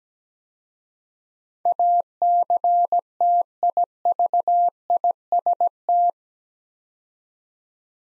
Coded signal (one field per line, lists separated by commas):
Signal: Morse code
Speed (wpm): 17 wpm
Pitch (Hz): 700 Hz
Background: none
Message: ACTIVIST